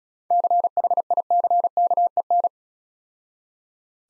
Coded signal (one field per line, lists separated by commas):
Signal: Morse code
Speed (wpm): 35 wpm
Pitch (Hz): 700 Hz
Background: none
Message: CHICKEN